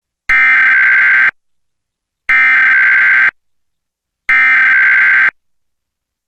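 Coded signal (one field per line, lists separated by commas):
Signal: Emergency Alert System (SAME) tones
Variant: header bursts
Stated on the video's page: Mock EAS Required Monthly Test for Texas via IPAWSCAP, with valid tones and text-to-speech voices.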